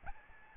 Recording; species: mosquito wingbeat signal from an infrared sensor; Aedes albopictus